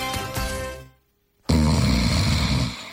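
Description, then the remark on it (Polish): A person snores loudly in two heavy, rasping breaths separated by a brief silence, the second snort harsher and longer, with rough low rattling throughout. “Każdy z nas zna kogoś, kto chrapie i nic dziwnego, bo na tę dolegliwość cierpi aż około 13 milionów Polaków.”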